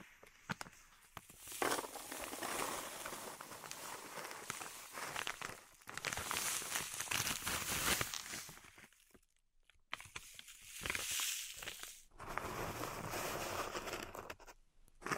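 Pink salt in a zen garden is raked and crunched in long gritty scraping strokes, broken by brief pauses around two, six, ten and twelve seconds.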